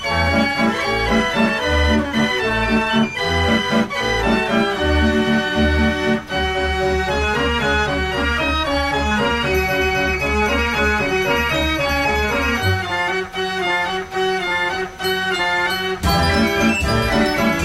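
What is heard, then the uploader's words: A fair organ plays a busy, steady tune with bright piping notes, pulsing bass thumps, and sharp percussive accents every second or so. Fair Organ.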